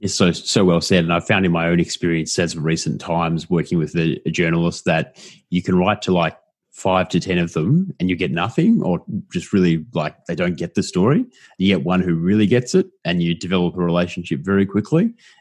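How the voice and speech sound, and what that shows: A low-pitched adult male speaks fluently and conversationally, at an easy pace with natural pauses and steady, clear voicing. There is no hoarseness, strain or disfluency: a normal speaking voice.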